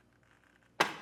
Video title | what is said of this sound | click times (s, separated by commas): etrailer - A Closer Look at the Kuat Piston Pro X Bike Rack on a 2024 Jeep Grand Wagoneer L | until it clicks into place now it might be a little bit heavier especially if you do have those heavy ebikes on here | 0.8 s